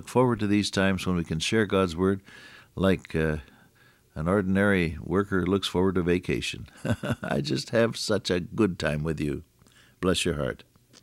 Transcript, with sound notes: I look forward to these times when we can share God’s Word, like an ordinary worker looks forward to vacation. [chuckle] I just have such a good time with you. Bless your heart.